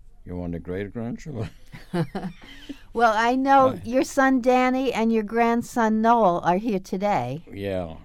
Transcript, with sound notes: You want the great grandchildren?
[Laughs] Well, I know your son Danny and your grandson Noel are here today.
Yeah.